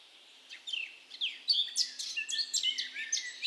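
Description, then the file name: Eurasian blackcap song, scattered warbled notes giving way to a faster run of bright chirps. "Sylvia atricapilla"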